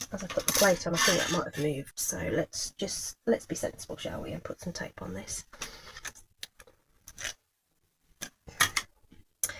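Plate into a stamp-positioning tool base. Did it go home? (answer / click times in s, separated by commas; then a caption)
yes / 9.4 s. A plate is put onto a stamp-positioning tool base and pushed until it locks into place, while someone talks over soft handling sounds and brief taps. The sharpest click, at 9.4 s, is the plate locking and seating in the tool.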